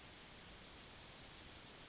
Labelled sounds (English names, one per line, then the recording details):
Yellowhammer song
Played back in forest
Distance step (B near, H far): C
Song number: 022